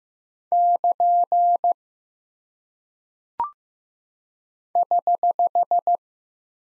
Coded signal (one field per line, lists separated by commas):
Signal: Morse code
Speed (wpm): 15 wpm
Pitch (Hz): 700 Hz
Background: none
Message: <KN> <HH>